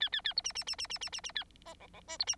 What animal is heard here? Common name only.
Bengalese Finch